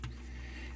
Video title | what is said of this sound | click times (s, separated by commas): Chuck's Reviews Transformers Studio Series 86 Ironhide | then close it up it will snap into place | 0.0 s